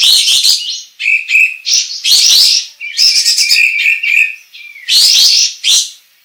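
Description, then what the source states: Sooty-headed Bulbul singing vigorous bursts of harsh chatter mixed with clear whistled notes, including a sustained lower warble near the middle, separated by brief gaps. Song described as gacor, meaning singing energetically and continuously.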